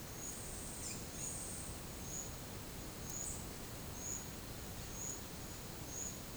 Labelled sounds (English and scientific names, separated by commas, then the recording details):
none
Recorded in secondary vegetation near Puerto Asís, Putumayo, Colombia, on 20 December 2024 at 12:00
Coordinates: 0.489, -76.322
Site G059